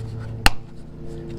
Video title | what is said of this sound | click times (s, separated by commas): Jetboil Stash first look and thoughts | pops in just make sure you're still standing up to one side and it'll uh | 0.5 s